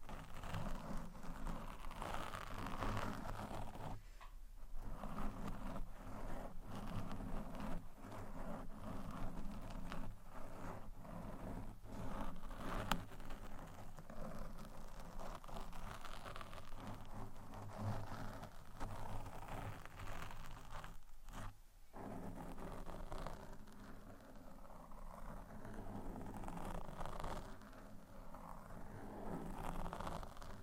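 A microphone is scratched and rubbed continuously, giving a dense, rustling noise that sits mostly low and thick with a duller crackle above. Brief pauses break it around four and again at twenty-one seconds before the scratching resumes steadily.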